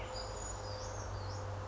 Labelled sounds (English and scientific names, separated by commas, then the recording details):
Brown Creeper (Certhia americana)
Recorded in Sonoma County, California